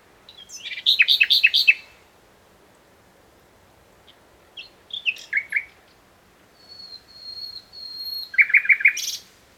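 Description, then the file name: Common nightingale singing: a loud rapid rattle, then descending whistled notes, a series of long pure whistles, and a closing fast trill. "Luscinia megarhynchos"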